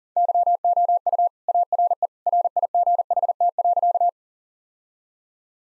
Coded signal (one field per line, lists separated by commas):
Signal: Morse code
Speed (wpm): 40 wpm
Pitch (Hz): 700 Hz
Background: none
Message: YOU ARE RIGHT.